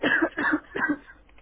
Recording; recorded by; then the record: voluntary cough; telephone call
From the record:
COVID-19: negative